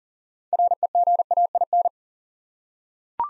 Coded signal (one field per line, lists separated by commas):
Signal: Morse code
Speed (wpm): 42 wpm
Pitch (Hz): 700 Hz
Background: none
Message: REGAIN